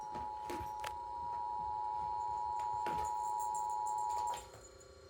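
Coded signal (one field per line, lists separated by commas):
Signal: Emergency Alert System (SAME) tones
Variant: 853 and 960 Hz attention tone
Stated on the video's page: Required Monthly Test for Minnesota, captured from a weather livestream.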